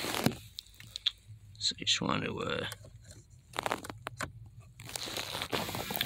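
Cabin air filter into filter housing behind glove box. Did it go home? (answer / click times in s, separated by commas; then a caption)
no / none. The plastic-framed cabin air filter of a 2019 Toyota C-HR is lined up with its bottom spikes down and one side set into the filter housing behind the glove box first, before being pushed home. Rustling, crunching handling noises and a few sharp ticks are heard while someone talks. Nothing has clipped into place yet.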